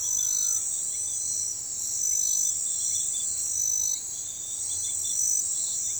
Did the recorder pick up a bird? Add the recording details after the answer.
no. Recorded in forest near Pivijay, Magdalena, Colombia, on 16 April 2023 at 04:00. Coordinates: 10.467, -74.380. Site Z5-G034